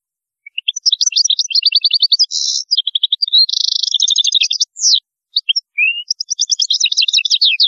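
European goldfinch song, a long fast run of tinkling, liquid twitters with buzzy trilled notes and brief pauses, high-pitched throughout.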